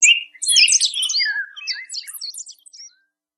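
Bird singing a rapid, high-pitched twittering phrase of varied chirps and trills that tumble and fade after about three seconds.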